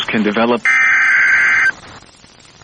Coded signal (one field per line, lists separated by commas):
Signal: Emergency Alert System (SAME) tones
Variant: header bursts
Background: speech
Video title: NOAA Weather Radio · WXJ96 Monroe, Louisiana · EAS #2 · Tornado Warning · 12/28/24